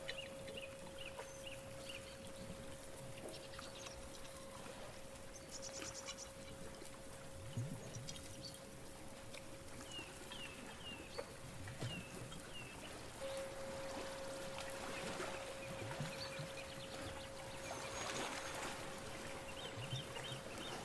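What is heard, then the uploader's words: A day at the beach: a steady, dense rush of wash and surf fills the whole clip. Short bird chirps come in small bursts every few seconds, while one unbroken ringing tone holds throughout, growing brighter around the middle. A day at the beach, with birds, chimes, bells.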